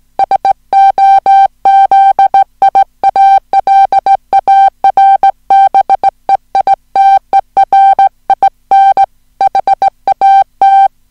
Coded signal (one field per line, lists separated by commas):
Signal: Morse code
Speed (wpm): 18 wpm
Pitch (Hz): 780 Hz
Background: music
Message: SOZIALARBEITERIN HAT